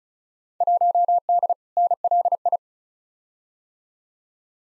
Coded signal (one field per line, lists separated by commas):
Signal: Morse code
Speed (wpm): 36 wpm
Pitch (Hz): 700 Hz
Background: none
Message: 1D NLI